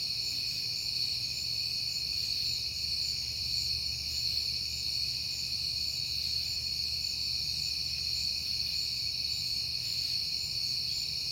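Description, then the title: Crickets chirp in a dense, even chorus of high, continuous trilling tones that hold steady throughout, with a faint low hum underneath. Recorded at night in September on a peaceful night; the recordist had been hearing crickets a lot that month. "Night Time: Crickets and Passing Cars"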